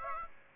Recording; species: mosquito wingbeat signal from an infrared sensor; Aedes aegypti